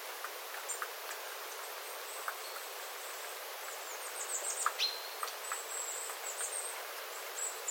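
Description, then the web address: Small birds giving thin, very high contact calls, scattered and brief, over steady hiss with soft ticking water drips throughout. Small flock of birds calling, recorded 9 September 2025 after rain, with water dripping from the eaves. "paivat 9 9 2025 pikkulintuparven aantelya vesi tippuu raystaalta sateen jalkeen"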